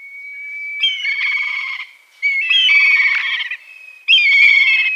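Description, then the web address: Black kite call: a thin whistled note followed by quavering, trilled whinnying phrases, three bursts in five seconds. "Schulze Peter Black Kite"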